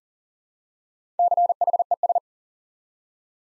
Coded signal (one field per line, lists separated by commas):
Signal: Morse code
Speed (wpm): 41 wpm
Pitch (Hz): 700 Hz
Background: none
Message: CHES